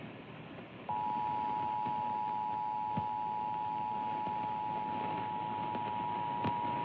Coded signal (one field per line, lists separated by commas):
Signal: Emergency Alert System (SAME) tones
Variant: 853 and 960 Hz attention tone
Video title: EAS Alerts from March 30th-31st, 2025: An EAS Compilation - Enhanced Risks